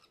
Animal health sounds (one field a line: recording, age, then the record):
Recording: pig call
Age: piglet (1 to 25 days)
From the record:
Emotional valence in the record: positive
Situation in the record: short reunion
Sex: female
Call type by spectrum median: high-frequency call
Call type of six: low-frequency tonal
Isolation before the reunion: 3 minutes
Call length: 0.11 s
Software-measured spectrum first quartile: 1297 Hz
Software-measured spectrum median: 2999 Hz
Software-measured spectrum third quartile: 4849 Hz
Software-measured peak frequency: 5150 Hz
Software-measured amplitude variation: 123 dB a second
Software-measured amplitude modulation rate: 9.4 a second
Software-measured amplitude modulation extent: 13.1 dB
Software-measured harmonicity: 2.0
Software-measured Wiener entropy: -1.08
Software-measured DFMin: 754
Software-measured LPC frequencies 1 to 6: 1291, 2619, 3864, 5149, 7724, 8947 Hz